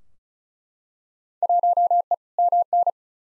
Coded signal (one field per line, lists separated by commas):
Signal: Morse code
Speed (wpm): 36 wpm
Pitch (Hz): 700 Hz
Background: none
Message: 1E MN